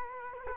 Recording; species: mosquito wingbeat signal from an infrared sensor; Culex quinquefasciatus